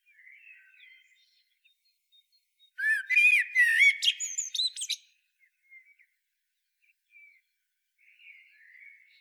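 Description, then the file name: Common blackbird singing a loud two-second phrase of rich, fluty notes that break into a high twittering flourish, framed by soft, quiet warbles before and after. "Turdus merula"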